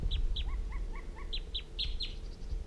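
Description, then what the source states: Crossbill calls: sharp high chips, then a row of softer, lower, rounded notes, then more chips, over low background noise. Wild male calling from the trees after playback drew him back; caged bird responding.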